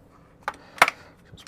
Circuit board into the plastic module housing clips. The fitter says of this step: I'm back together with this this uh circuit board will just snap in place just